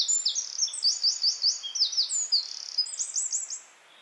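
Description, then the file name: Eurasian wren singing a fast, piercing, high-pitched song of tumbling notes and rattling trills that stops short near the end. "Troglodytes troglodytes"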